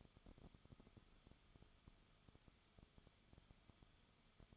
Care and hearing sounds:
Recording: daily activity, microphone in the room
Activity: no activity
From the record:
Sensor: 4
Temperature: 22.9 degrees Celsius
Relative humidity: 34.5%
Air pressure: 1011.5 hPa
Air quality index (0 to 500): 193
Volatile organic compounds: 13 ppm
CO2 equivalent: 2389 ppm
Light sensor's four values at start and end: 2/3/1/1 and 2/3/1/1

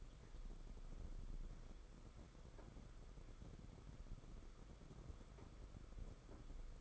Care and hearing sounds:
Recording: daily activity, microphone in the room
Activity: walk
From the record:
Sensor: 5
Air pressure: 990.9 hPa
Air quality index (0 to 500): 150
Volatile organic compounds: 159 ppm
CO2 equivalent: 4063 ppm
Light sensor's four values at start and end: 40/123/47/50 and 39/123/47/50

